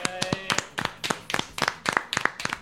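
A short burst of applause: sharp, bright hand claps in quick, uneven clusters, steady and fairly loud throughout, with only a few people clapping rather than a full crowd.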